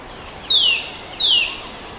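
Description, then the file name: Eurasian nuthatch calls: two sharp, high, descending notes about three quarters of a second apart. "Sitta europaea"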